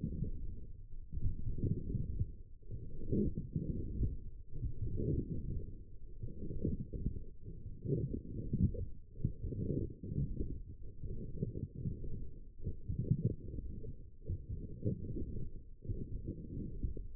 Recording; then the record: forearm muscle sounds (acoustic myography)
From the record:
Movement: forearm pronation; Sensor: system 1, eight BSWA MPA416 microphones around the upper forearm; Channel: 3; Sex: female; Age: 21 years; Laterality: right